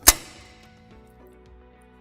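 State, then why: Seated. A metal belt tensioner locking lever on a combine header, used after the belt tension is set with the turnbuckle, is pulled toward the locker and snaps into the locking bracket on the bottom. A single sharp metallic snap at 0.1 s rings briefly and then fades to a quiet background. The lever locks into place.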